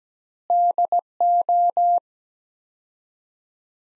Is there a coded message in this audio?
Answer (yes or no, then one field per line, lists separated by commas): yes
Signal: Morse code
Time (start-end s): 0.5-2.0 s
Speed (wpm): 17 wpm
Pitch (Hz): 700 Hz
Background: none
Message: DO